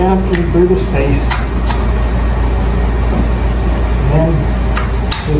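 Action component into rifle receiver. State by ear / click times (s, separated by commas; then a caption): seated / 5.1 s. During reassembly of a pump-action hunting rifle, a part, likely the action assembly, is lined up and pushed home into the receiver while someone talks over music and a low steady hum. It snaps into place with a sharp click at 5.1 s, and the part is seated.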